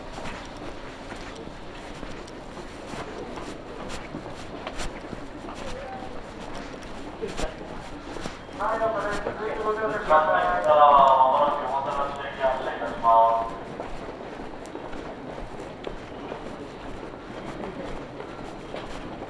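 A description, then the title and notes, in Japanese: A local train on the Iida Line runs from Toyohashi toward Toyokawa, with a steady low rumble and a string of sharp clicks and knocks that come irregularly throughout. From about 8 to 13 seconds a voice rises over the noise, then fades back into the running sound. 飯田線 各駅停車 豊橋→豊川。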